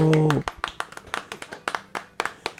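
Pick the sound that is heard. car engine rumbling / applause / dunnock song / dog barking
applause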